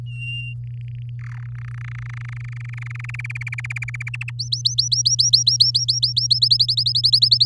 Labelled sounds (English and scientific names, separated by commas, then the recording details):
Domestic Canary (Serinus canaria) song
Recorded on 11 May 2018 at 05:39
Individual llb16